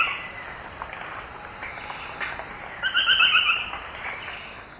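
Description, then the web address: Buff-throated foliage-gleaner song: one brief rapid series of clipped notes lasting under a second, set against a continuous shrill insect chorus. Recorded in the eastern lowlands of South America. "Natures Songs S America Eastern Lowlands. Buff-throated Foliage-gleaner"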